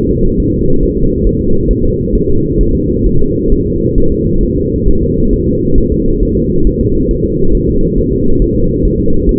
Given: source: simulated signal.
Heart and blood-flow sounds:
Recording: fetal heart sounds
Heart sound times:
0.11 s: S2
0.40 s: S1
0.54 s: S2
0.83 s: S1
0.97 s: S2
1.27 s: S1
1.41 s: S2
1.71 s: S1
1.85 s: S2
2.15 s: S1
2.30 s: S2
2.61 s: S1
2.75 s: S2
3.06 s: S1
3.21 s: S2
3.52 s: S1
3.66 s: S2
3.98 s: S1
4.12 s: S2
4.43 s: S1
4.57 s: S2
4.88 s: S1
5.03 s: S2
5.33 s: S1
5.47 s: S2
5.78 s: S1
5.92 s: S2
6.23 s: S1
6.37 s: S2
6.67 s: S1
6.81 s: S2
7.11 s: S1
7.25 s: S2
7.55 s: S1
7.69 s: S2
7.98 s: S1
8.13 s: S2
8.42 s: S1
8.56 s: S2
8.85 s: S1
9.00 s: S2
9.29 s: S1
From the record:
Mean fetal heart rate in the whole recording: 135 bpm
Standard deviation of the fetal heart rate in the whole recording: 3 bpm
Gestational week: 36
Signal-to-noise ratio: -17.7 dB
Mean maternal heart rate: 72 bpm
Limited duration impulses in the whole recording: present

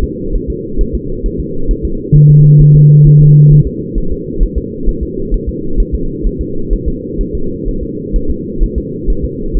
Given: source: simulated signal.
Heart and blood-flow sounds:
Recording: fetal heart sounds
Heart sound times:
0.04 s: S2
0.36 s: S1
0.50 s: S2
0.81 s: S1
0.95 s: S2
1.26 s: S1
1.40 s: S2
1.71 s: S1
1.85 s: S2
2.16 s: S1
2.30 s: S2
2.61 s: S1
2.76 s: S2
3.07 s: S1
3.21 s: S2
3.52 s: S1
3.67 s: S2
3.98 s: S1
4.12 s: S2
4.43 s: S1
4.58 s: S2
4.89 s: S1
5.03 s: S2
5.34 s: S1
5.49 s: S2
5.80 s: S1
5.95 s: S2
6.27 s: S1
6.41 s: S2
6.73 s: S1
6.88 s: S2
7.21 s: S1
7.35 s: S2
7.68 s: S1
7.83 s: S2
8.16 s: S1
8.30 s: S2
8.63 s: S1
8.78 s: S2
9.10 s: S1
9.25 s: S2
9.57 s: S1
From the record:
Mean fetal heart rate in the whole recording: 130 bpm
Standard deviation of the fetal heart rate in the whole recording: 4 bpm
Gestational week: 38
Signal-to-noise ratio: -8.1 dB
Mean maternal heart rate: 72 bpm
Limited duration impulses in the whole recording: present

